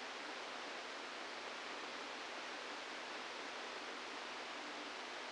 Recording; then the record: brain microelectrode recording played as sound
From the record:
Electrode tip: outside the subthalamic nucleus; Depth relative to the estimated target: 2 mm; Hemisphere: left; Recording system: NeuroSet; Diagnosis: Parkinson's disease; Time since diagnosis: 17 years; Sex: male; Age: 64 years